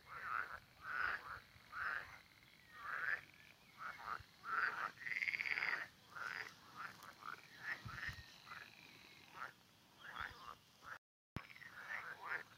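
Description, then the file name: Frogs giving many short repeated croaks, some longer and rolling, several animals overlapping against a soft background hiss. "zaby"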